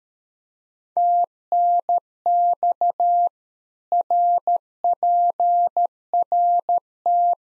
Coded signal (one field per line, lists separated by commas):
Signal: Morse code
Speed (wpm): 13 wpm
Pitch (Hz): 700 Hz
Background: none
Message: TNX RPRT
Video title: Practice QSO - Exchange 2- Info - 13wpm